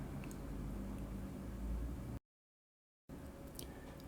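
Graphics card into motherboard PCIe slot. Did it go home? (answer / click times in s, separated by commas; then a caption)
yes / 3.6 s. A graphics card is lined up with a motherboard PCIe slot and pushed in firmly until its retention latch clicks. A steady low hum with a few faint ticks runs throughout, broken by a sudden total silence from about 2.2 to 3.1 s. A small, sharp click at 3.6 s marks the card seating, followed by faint ticks near 4.0 and 4.1 s.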